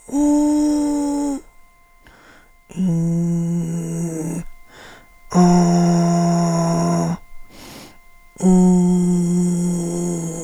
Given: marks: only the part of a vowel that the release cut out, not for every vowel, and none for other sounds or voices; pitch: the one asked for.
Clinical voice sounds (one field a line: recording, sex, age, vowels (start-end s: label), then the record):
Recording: sustained vowels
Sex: female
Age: 50 to 59 years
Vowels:
0.22-1.28 s: vowel /u/, high pitch
2.89-3.62 s: vowel /i/, low pitch
5.56-6.90 s: vowel /a/, low pitch
8.52-9.87 s: vowel /u/, low pitch
From the record:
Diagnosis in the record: central laryngeal movement disorder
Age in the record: 52 years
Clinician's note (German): Verdacht auf zentrallaryngale Bewegungsstörung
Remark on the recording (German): NSP-Datei piepst ein wenig (außer bei im, am , um).